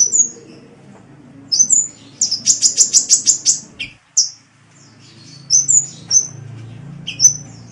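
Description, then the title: Oriental magpie-robin singing: clear whistled phrases, then a fast run of several buzzy notes, followed by more short whistles. "Kicau Kacer"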